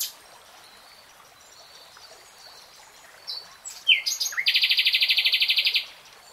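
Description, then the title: Nightingale song: quiet start, then a few sharp notes leading into a long, loud, fast trill of identical repeated notes. Singing, real-time recording. "[Tiếng chim hót] 3 Hours REALTIME Nightingale Singing"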